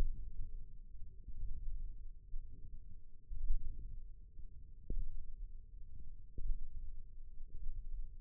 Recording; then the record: forearm muscle sounds (acoustic myography)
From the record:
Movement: radial deviation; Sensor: system 1, eight BSWA MPA416 microphones around the upper forearm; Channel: 2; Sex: female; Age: 21 years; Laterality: right